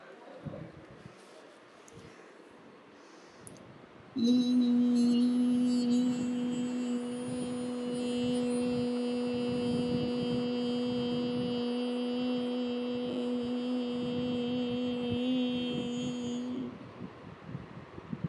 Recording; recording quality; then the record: sustained vowel as in beet; excellent, no background noise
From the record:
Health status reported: healthy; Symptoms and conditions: none ticked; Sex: female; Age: 49 years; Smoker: not ticked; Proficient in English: yes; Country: India